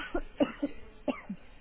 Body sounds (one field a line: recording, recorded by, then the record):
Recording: voluntary cough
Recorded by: telephone call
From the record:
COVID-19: positive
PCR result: checked with the laboratory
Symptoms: yes